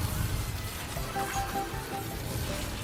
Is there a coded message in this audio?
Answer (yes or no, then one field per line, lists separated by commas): no